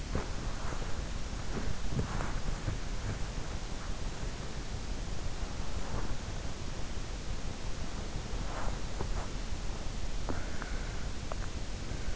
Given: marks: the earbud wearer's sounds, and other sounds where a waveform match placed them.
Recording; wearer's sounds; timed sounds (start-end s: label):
sounds in sleep by an in-ear microphone; body movement, breath
0.00-3.65 s: body movement
5.02-6.80 s: body movement
9.65-12.16 s: breath